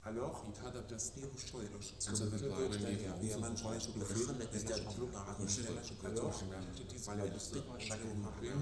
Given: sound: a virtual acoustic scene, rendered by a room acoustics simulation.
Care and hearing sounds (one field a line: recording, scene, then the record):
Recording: noise of the scene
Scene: underground station, no trains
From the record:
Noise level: 70 dB SPL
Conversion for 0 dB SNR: 0.7 dB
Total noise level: 70.7 dB SPL